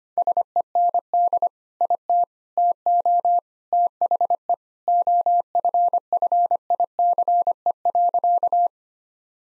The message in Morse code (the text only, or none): SEND IT TO THE OFFICE.